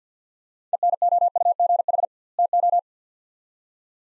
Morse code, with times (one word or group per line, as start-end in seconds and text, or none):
0.7-2.1 ENOUGH
2.4-2.8 TO